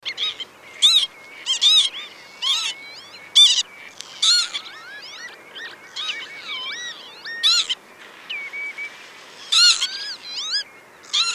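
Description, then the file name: Northern lapwing calling repeatedly, wheezy notes that swoop down and up, some short and harsh. "Pavoncella"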